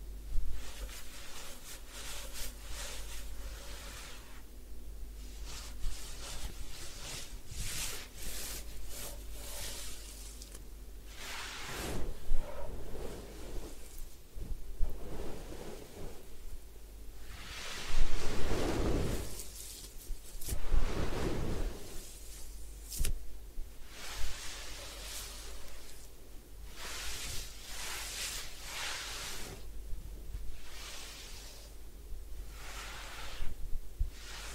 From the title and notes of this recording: Head Spa Hair Wash, Massage, Ear Cleaning (No Talking).